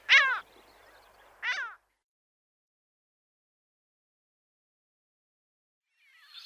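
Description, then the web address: Mediterranean gull giving two short, downslurred yelping calls just over a second apart, then silence and a faint call at the end. "Schulze Peter Mediterranean Gull"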